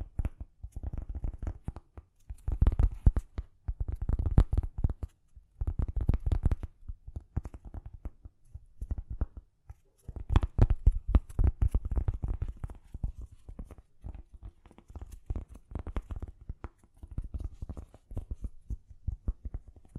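Gentle tapping in quick soft clusters with brief pauses, mostly low and muffled with occasional crisp clicks.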